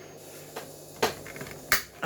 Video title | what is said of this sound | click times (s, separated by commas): Playmobil 70393 BATTERING RAM NOVELMORE - UNBOXING! Part I | there we go. Opening and closing. It's nice to hear that little click. | 1.0 s, 1.7 s